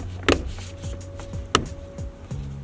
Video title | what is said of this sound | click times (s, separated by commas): How To Install Toyota Tundra LED Interior - 3rd Gen - 2014-2021 - PercisionLED | a little bit of pressure until everything locks into place so | 0.3 s, 1.6 s